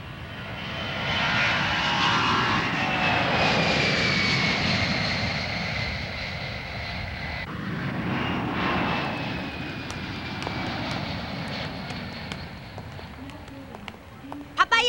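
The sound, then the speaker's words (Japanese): A steady, loud airplane engine drone fills the whole clip, with a rumbling low end and a hissing high whine that slowly shifts in pitch. “飛行機はいつ出るんだい。”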